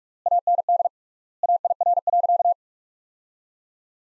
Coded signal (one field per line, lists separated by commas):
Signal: Morse code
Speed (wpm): 42 wpm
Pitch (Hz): 700 Hz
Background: none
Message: AND AIR.